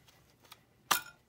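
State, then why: Seated. A plastic smoke detector is lined up on its ceiling mounting plate and twisted onto the base. A faint tick comes at 0.5 s, then a sharp, bright snap at 0.9 s as the detector seats in place.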